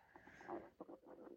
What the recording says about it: Sorry if you can hear my stomach rumbling.